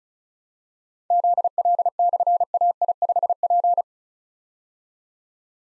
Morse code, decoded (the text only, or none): ZL/AI5P